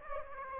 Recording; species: mosquito wingbeat signal from an infrared sensor; Aedes aegypti